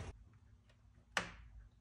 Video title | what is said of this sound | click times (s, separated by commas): Vehicle won’t start after warmed up or a drive, diag and repair with Xtool D7S Ford Escape | there we go got that little Click put this back on | 1.2 s